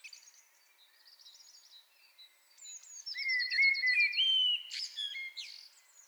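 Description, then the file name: Common blackbird sings softly at first with faint trills, then a louder run of fluty slurred notes topped by high chattering twitters. "Turdus merula"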